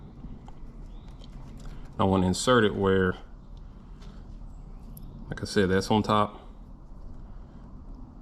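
A red wire's terminal is lined up at the top slot of a plastic connector housing, ready to be pushed in, during a turn signal kit install on a Yamaha Rmax 4. Someone talks in two bursts, with a few faint ticks and handling sounds in between. Nothing has seated or clicked yet.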